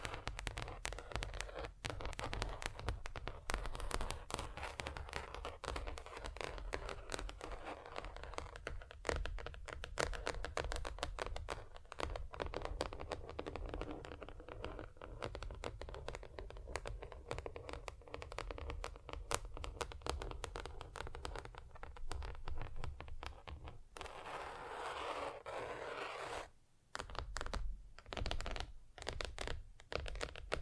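Continuous tapping on hard surfaces, dense and fast, with crisp clicks packed closely together throughout. The taps vary in weight and brightness, with a steady low rumble underneath, and a brief near-silent pause around 26 seconds before the tapping resumes.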